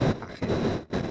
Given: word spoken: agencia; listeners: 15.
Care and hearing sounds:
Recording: one Spanish word in noise, from a listening test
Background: noise modulated by one talker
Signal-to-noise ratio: -12.0 dB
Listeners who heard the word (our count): 1 of 15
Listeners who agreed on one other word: 6 of 15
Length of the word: 0.71 s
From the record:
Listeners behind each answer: 6, 3, 2, 1, 1, 1, 1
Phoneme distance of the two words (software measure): 27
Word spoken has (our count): 3 syllables, 7 phonemes, stress on syllable 2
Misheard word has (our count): 3 syllables, 6 phonemes, stress on syllable 2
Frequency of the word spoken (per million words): 49.58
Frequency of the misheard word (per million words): 37.29

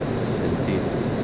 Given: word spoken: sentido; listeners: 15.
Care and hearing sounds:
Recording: one Spanish word in noise, from a listening test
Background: speech-shaped noise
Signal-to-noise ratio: -6.8 dB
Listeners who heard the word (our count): 1 of 15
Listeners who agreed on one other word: 13 of 15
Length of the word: 0.84 s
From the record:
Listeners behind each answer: 13, 1, 1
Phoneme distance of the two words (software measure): 17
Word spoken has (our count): 3 syllables, 7 phonemes, stress on syllable 2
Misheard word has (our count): 2 syllables, 6 phonemes, stress on syllable 2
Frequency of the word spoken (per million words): 311.74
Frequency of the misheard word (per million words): 56.25

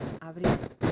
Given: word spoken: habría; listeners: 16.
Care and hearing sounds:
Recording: one Spanish word in noise, from a listening test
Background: noise modulated by one talker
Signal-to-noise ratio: -9.9 dB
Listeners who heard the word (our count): 2 of 16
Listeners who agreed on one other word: 10 of 16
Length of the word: 0.52 s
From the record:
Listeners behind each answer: 10, 2, 2, 1, 1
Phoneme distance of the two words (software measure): 14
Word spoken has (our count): 3 syllables, 5 phonemes, stress on syllable 2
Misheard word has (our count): 2 syllables, 5 phonemes, stress on syllable 2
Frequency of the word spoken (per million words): 149.18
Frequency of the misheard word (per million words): 57.52

